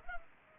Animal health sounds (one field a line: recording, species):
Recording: mosquito wingbeat signal from an infrared sensor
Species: Culex pipiens